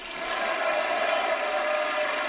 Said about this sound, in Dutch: Zo klonk het applaus vanmiddag toen Ursula von der Leyen met een ruime meerderheid werd herkozen als voorzitter van de Europese Commissie.